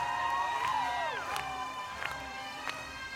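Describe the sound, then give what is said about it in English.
A crowd cheers steadily, many voices layered into a dense roar with swooping whoops early on and a few sharp bursts of shouting or clapping scattered through. “Glad to hear you're all cheering.”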